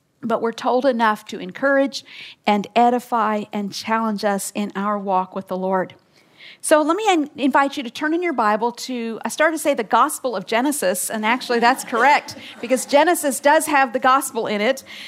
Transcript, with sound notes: but we’re told enough to encourage and edify and challenge us in our walk with the Lord. Let me invite you to turn in your Bible to... I started to say “the gospel of Genesis”. (laughter) Actually, that’s correct, because Genesis does have the gospel in it!